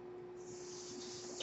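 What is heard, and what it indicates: A quiet, steady airy hiss with a faint constant hum underneath. The hiss swells slightly after the first half-second, like air being pushed through tubing. This is the background sound of a home mechanical ventilator delivering breaths.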